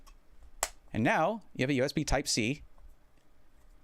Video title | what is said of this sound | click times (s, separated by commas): LIVE: The Best and Coolest Holiday Gifts for Tech Nerds! | And you can turn it either way to lock it down, but there you go. | 0.6 s